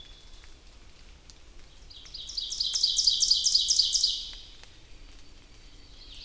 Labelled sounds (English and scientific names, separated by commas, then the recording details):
Ovenbird (Seiurus aurocapilla) song
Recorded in boreal forest in Alberta, Canada, on 2 June 2016 at 06:30
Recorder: SongMeter 3, array SBT-3-7
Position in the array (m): 51 m, 148 m
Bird 4